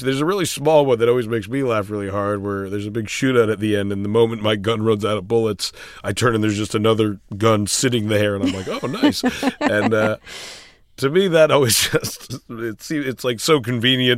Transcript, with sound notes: There's a really small one that always makes me laugh really hard, where there's a big shootout at the end, and the moment my gun runs out of bullets, I turn and there's just another gun sitting there, and I'm, like, oh, nice. (Soundbite of laughter) And to me, always just - that scene is, like, so convenient.